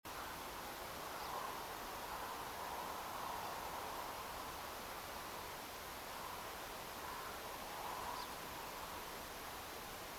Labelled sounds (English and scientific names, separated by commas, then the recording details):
Tawny Pipit (Anthus campestris), unidentified sound
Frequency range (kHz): Tawny Pipit (Anthus campestris) 3.2-5.8 kHz
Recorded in France